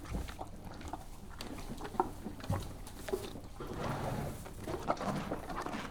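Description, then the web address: Horse chewing, steady crunching and munching with soft rustles and shuffling movement throughout. One horse eating a carrot and moving. "BBC Sound Effects Library. One horse eating carrot"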